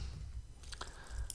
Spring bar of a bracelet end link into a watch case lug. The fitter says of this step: and it will snap right in place